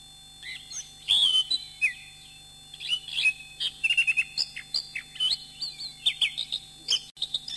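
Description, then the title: Thrush song beginning after a quiet half second, then bright whistled notes and fast chattering twitters in irregular bursts. "Suara Burung Anis"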